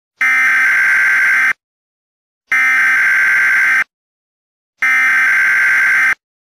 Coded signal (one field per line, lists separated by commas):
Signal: Emergency Alert System (SAME) tones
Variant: header bursts